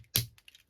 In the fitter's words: you can hear that clicking